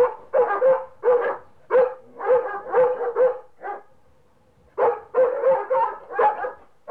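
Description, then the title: Dog giving clustered barks in short bursts, then a pause of about a second before another run of yapping barks. "NHK Sound Effects Collection - 3-Frogs, Crickets, Cicadas, Horses, Dogs"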